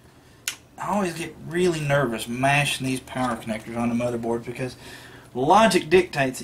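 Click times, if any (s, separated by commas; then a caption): 0.5 s. A 20-pin ATX power cable plug is pushed firmly into the motherboard header, and a sharp, loud click at 0.5 s marks it seating home. Someone talks throughout.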